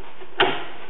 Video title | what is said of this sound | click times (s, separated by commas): How to switch drive packs between two Drobo units | There we go, and they snap into place nicely. | 0.4 s